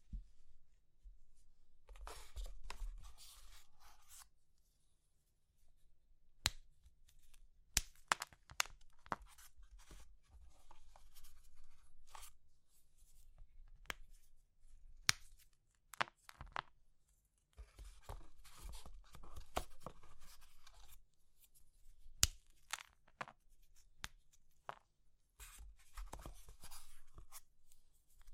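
Crumbly materials like soap, chalk, meringue and pastel are crushed and scraped, giving dry crackling and gritty rasps in irregular bursts. Sharp snaps punctuate it every few seconds, near 6, 8, 15 and 22 seconds, over a faint low rumble with quiet gaps between.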